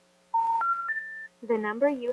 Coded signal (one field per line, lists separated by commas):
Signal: telephone call progress tone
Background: speech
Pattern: special information tone